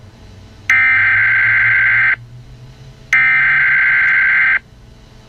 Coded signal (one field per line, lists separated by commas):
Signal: Emergency Alert System (SAME) tones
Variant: header bursts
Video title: EAS Scenario. The Martian Mystery